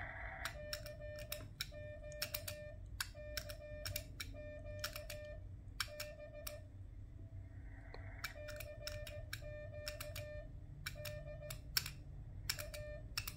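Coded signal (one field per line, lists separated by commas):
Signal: Morse code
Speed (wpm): 17 wpm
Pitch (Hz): 600 Hz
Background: none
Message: CQ CQ B CQ D A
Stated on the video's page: CW sent with a zBitx on firmware v1.06, showing keying timing problems.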